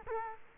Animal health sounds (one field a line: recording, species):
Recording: mosquito wingbeat signal from an infrared sensor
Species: Culex quinquefasciatus